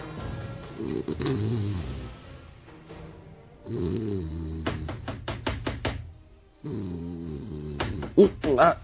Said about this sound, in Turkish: Ne oluyor? Bu sesler de ne? Aman Allah. Biri benim kapımı çalıyor. Polis! Açın kapıyı lütfen.